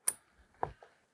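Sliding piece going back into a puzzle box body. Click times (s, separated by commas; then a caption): 0.1 s. While a mechanical puzzle is being taken apart, a sliding piece that was moved springs back into its seat in the puzzle box body with a sharp snap at 0.1 s. A second, quieter knock follows at about 0.6 s, then a faint tap near 0.8 s. The piece is seated back in place.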